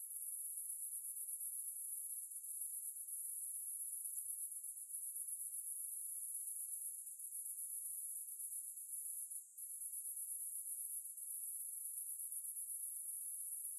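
Cicada ambience: a shrill, rapidly pulsing high whine throughout, with a short break near nine and a half seconds.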